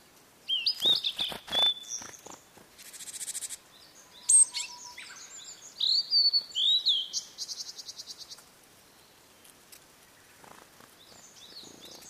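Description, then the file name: Blue-and-white flycatcher singing varied phrases of sweet high whistles mixed with harsh buzzy notes, repeated several times, with clicks and a brief low whistle. "oruri"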